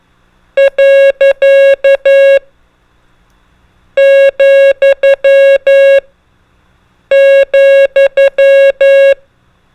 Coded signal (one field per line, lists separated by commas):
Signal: Morse code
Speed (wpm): 11 wpm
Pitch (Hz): 550 Hz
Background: none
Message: . , ,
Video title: Ham Radio: Morse Code Trainer | Prosigns and Most Commonly Used Abbreviations